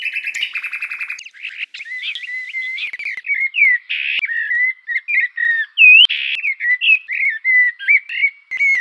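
Bird song built from varied short whistled units, starting with a fast buzzy rattle, then a run of clear rising and falling whistled notes separated by brief pauses.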